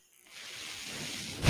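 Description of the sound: Soft airy hiss swelling over about a second, ending in a louder puff: a home mechanical ventilator delivering a breath.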